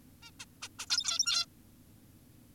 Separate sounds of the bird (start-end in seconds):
0.23-0.31, 0.40-0.45, 0.62-0.68, 0.79-0.86, 0.90-1.46